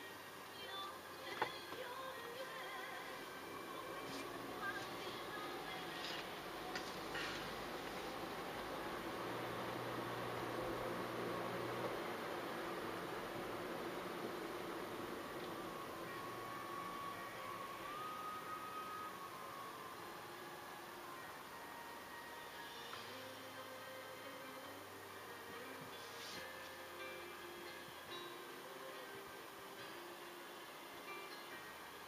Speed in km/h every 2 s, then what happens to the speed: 2, 3, 5, 8, 11, 15, 18, 19, 16, 15, 13, 10, 8, 5, 4, 4.
0-13 pulls away to 19. 13-26 slows to 5. 26-32 steady at about 4.